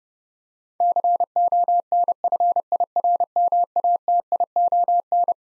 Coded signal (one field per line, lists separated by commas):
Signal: Morse code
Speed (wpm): 30 wpm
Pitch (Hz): 700 Hz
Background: none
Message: CONFIRMATION